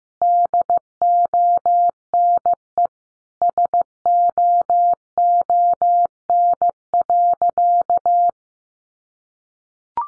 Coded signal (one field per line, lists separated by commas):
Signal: Morse code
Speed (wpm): 14 wpm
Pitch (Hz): 700 Hz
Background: none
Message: DONE SOON.